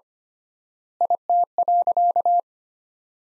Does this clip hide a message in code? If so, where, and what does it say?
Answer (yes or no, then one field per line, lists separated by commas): yes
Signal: Morse code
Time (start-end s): 1.0-2.4 s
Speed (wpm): 25 wpm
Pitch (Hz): 700 Hz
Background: none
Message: IT.